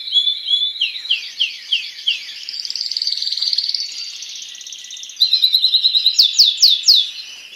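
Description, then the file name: Spanish timbrado canary song with repeated downslurred chips, a fast rolling trill, then bright rising whistled notes repeated quickly toward the end. Song of a Spanish-breed canary. "canto do canario raca espanhola"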